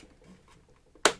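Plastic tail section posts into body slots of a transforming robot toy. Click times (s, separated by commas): 1.0 s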